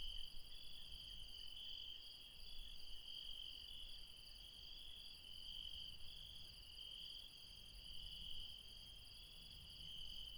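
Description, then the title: Chorus of insects calling without pause, high buzzing trills layered at several pitches, low background rumble throughout. Insects recorded late at night in the mountains at Refuge Krevatia, Barbala, Dion, Greece. "Refuge Krevatia, Μπαρμπαλά, Dion 601 00, Greece - Late night mountain insects"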